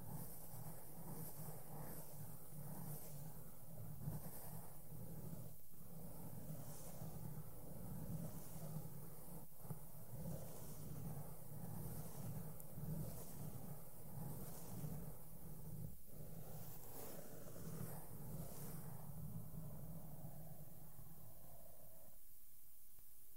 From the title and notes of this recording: ASMR SOFT SOUNDS WITH MAKEUP BRUSHES ON MIC AND MICROPHONE TOUCHING.